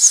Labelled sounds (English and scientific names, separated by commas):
Bay-breasted Warbler (Setophaga castanea) flight call